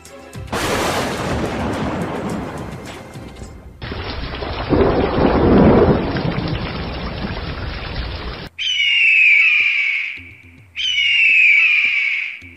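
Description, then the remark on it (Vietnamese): A deep, rolling rumble of thunder swells and fades over several seconds, followed by two long, shrill cries that rise and hold, each separated by a short pause. “Sét đánh ầm ầm trên trời.”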